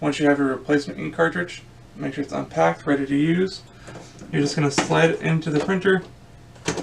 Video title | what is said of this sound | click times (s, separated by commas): Brother MFC J6545 - Onyx Imaging - Tulsa Printer Repair - How to Clean the Scanner Glass | push it all the way until it clicks into place | 6.7 s